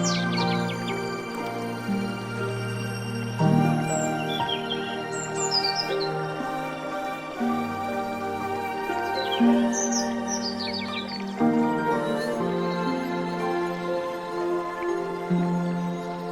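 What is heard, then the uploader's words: Calm, sustained music with soft held chords and a low drone, shifting to a new chord about every four seconds. Bird chirps and tweets flutter high above it in scattered bursts throughout, and the level stays smooth and even. Calming Music - Nature Sounds, Zen Music.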